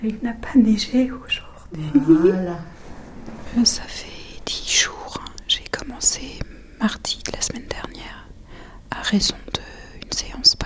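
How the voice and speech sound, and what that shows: An adult woman speaks French mostly in a breathy whisper, with only brief, unsteady bursts of voice that break in and out, and short pauses between phrases. This is near-total voice loss (aphonia) following an operation, with speech carried largely on air rather than voice.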